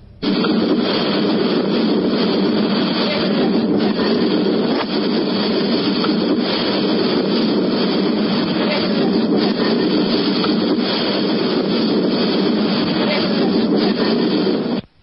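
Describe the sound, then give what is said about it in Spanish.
A noisy psychophony recording made inside a tower: a loud, steady wash of rumbling, hissing background noise fills the whole stretch without pause, with no clearly audible voice rising above it. “La primera se oye con dificultad, hay mucho ruido de fondo, y una voz en segundo plano parece decir: ¿qué hace la puerta cerrada?”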